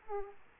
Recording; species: mosquito wingbeat signal from an infrared sensor; Aedes aegypti